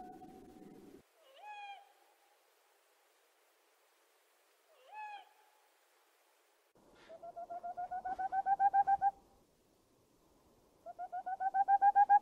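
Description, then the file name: Boreal owl giving two short rising whistled notes, then two quick trills of hollow hoots that grow steadily louder; faint low rumble at the start. "Rauhfusskauz"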